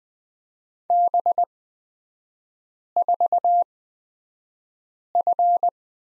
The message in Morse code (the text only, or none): B4F